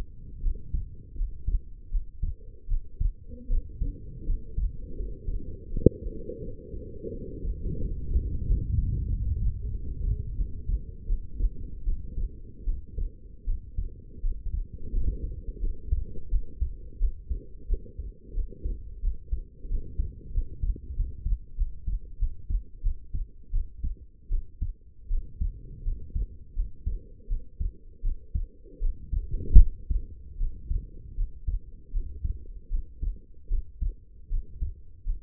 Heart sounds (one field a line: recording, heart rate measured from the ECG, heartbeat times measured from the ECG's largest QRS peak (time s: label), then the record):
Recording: heart sounds by stethoscope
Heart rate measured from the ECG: 83 bpm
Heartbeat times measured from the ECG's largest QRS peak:
0.41 s: heartbeat
1.16 s: heartbeat
1.90 s: heartbeat
2.67 s: heartbeat
3.48 s: heartbeat
4.25 s: heartbeat
4.95 s: heartbeat
5.69 s: heartbeat
6.40 s: heartbeat
7.12 s: heartbeat
7.80 s: heartbeat
8.46 s: heartbeat
9.09 s: heartbeat
9.71 s: heartbeat
10.36 s: heartbeat
11.07 s: heartbeat
11.84 s: heartbeat
12.65 s: heartbeat
13.45 s: heartbeat
14.21 s: heartbeat
14.91 s: heartbeat
15.60 s: heartbeat
16.30 s: heartbeat
16.99 s: heartbeat
17.67 s: heartbeat
18.34 s: heartbeat
19.02 s: heartbeat
19.69 s: heartbeat
20.33 s: heartbeat
20.95 s: heartbeat
21.56 s: heartbeat
22.18 s: heartbeat
22.82 s: heartbeat
23.51 s: heartbeat
24.29 s: heartbeat
25.08 s: heartbeat
25.83 s: heartbeat
26.54 s: heartbeat
27.28 s: heartbeat
28.02 s: heartbeat
28.80 s: heartbeat
29.58 s: heartbeat
30.38 s: heartbeat
31.16 s: heartbeat
31.92 s: heartbeat
32.70 s: heartbeat
33.49 s: heartbeat
34.29 s: heartbeat
35.04 s: heartbeat
From the record:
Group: healthy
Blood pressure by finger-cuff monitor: 87/59 mmHg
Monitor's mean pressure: 67 mmHg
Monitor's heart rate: 83 bpm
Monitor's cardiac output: 6.2 L/min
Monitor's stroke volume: 74 mL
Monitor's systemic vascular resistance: 800 dyn s/cm5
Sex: female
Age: 19 years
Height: 163 cm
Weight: 51 kg